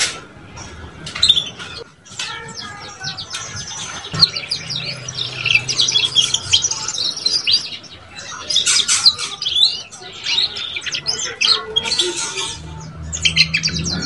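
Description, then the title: Belgian canary singing long runs of rapid, tinkling chirps and trills, with a low hum in places. Belgian canary song used to warm up and stimulate young canaries so they start singing and chattering quickly. "Canto Para Esquentar Canário Belga. SUARA KENARI PAUD CUIT CUIT BELAJAR BUNYI - pancingan kenari paud muda agar cepat bunyi dan ngeriwik"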